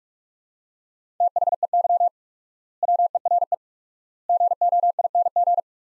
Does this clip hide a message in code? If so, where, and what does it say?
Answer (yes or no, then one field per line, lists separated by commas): yes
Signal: Morse code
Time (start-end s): 1.2-5.6 s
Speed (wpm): 41 wpm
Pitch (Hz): 700 Hz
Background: none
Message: THEY WERE GOING